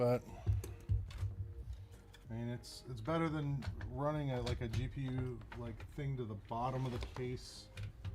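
During a PC build, a cable connector is handled near the computer case or board while someone talks, with a few soft taps and knocks in the background. Nothing has seated or clicked yet.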